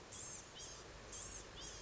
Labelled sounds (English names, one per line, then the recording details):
Blue-gray Gnatcatcher
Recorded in Sonoma County, California